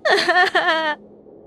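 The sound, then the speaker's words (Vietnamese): A woman, kneeling with her hands holding her head, wails and sobs in two strained, high-pitched bursts with a wavering pitch, loud for about a second before cutting off to a faint low hum. “Tiếng khóc thê lương tới ai oán Ngân dài đến thảm thiết.”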